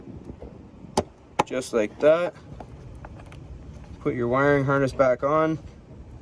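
On a Chevy Equinox/GMC Terrain, the plastic wiring harness connector is handled as it is brought back toward the new ambient air temperature sensor, with sharp handling ticks near 1.0 s and 1.4 s and fainter taps around 2.6–3.3 s while someone talks. The connector has not seated or clicked onto the sensor yet.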